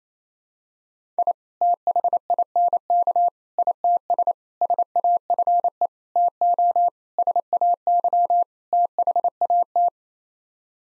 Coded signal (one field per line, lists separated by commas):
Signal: Morse code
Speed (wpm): 28 wpm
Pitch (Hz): 700 Hz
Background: none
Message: I THINK ITS SAFE TO SAY THAT